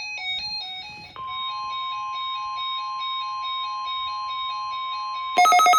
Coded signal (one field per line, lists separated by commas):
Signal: Emergency Alert System (SAME) tones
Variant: 1050 Hz attention tone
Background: music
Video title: (EAS #12) Required Weekly Test